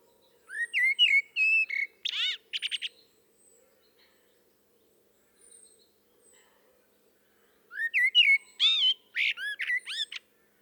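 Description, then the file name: Common blackbird song: two phrases, each mixing mellow fluted whistles with a run of squeaky high twittering notes, separated by several seconds of quiet. "Turdus merula"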